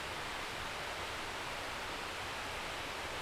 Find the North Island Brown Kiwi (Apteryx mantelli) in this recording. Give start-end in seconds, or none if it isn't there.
none